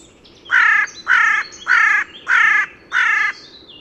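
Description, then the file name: Carrion crow uttering five loud, grating caws in a regular run about every 0.6 seconds, with faint bird chatter behind. "Corvus corone"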